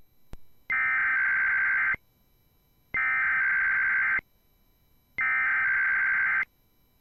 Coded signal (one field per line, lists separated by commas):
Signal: Emergency Alert System (SAME) tones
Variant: header bursts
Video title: IPAWSCAP Weeklies, 1 ADR & KLOX DMO (EAS 390-398)